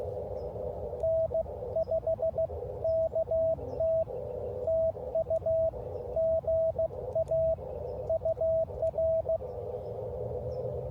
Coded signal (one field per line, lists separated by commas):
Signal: Morse code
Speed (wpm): 16 wpm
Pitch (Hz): 650 Hz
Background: radio noise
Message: N5KT TU GA UR